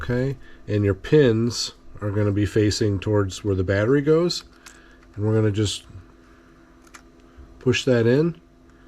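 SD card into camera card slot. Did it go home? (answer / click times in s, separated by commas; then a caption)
no / none. Someone talks while an SD card is handled and pushed toward the camera's bottom card slot, with its pins facing the battery side. Faint, brief ticks occur around 6.9 s and 8.7 s, but nothing has seated or clicked yet when the clip ends.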